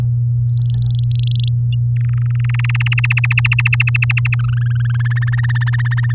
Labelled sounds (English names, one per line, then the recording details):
Domestic Canary song
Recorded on 9 May 2018 at 06:22
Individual llb16